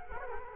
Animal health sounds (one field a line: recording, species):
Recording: mosquito wingbeat signal from an infrared sensor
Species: Culex quinquefasciatus